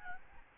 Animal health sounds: mosquito wingbeat signal from an infrared sensor; Aedes albopictus

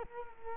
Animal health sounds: mosquito wingbeat signal from an infrared sensor; Culex quinquefasciatus

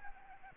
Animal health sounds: mosquito wingbeat signal from an infrared sensor; Aedes albopictus

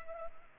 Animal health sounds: mosquito wingbeat signal from an infrared sensor; Culex pipiens

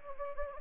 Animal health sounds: mosquito wingbeat signal from an infrared sensor; Anopheles gambiae

